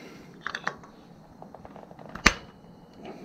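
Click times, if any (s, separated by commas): 2.3 s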